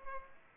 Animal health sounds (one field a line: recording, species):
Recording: mosquito wingbeat signal from an infrared sensor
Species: Culex pipiens